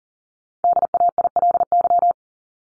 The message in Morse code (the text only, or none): DAILY